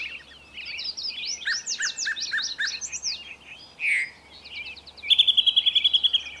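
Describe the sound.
Bird song: a busy mix of quick chirps and slurred whistles, ending in a fast, even series of bright repeated notes.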